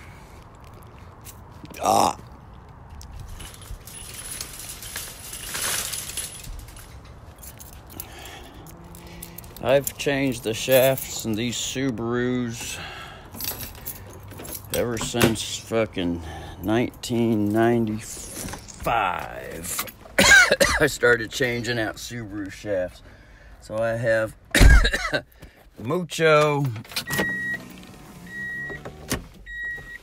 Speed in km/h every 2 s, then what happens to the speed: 1, 0, 0, 0, 0, 0, 2, 1, 1, 1, 1, 1, 1, 6, 10.
0-24 standing. 24-27 pulls away to 10.